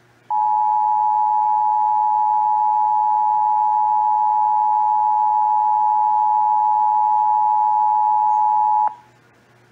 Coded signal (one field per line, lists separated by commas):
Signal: Emergency Alert System (SAME) tones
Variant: 853 and 960 Hz attention tone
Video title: (EAS #101-104) December 2021 Texas Required Monthly Test (WBAP-AM, KXAS-TV, KDFW-TV and WFAA-TV)